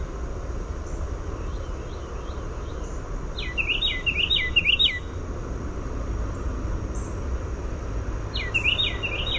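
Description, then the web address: Carolina wren song: a short run of about five rapid, rolling phrases, repeated once more near the end, over steady low rumble and faint softer chirps. "naturesounds CARW-song"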